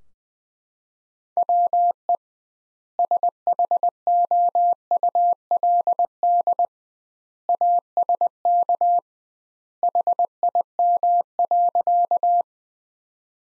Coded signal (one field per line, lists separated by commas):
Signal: Morse code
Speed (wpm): 21 wpm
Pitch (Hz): 700 Hz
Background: none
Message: WE SHOULD ASK HIM.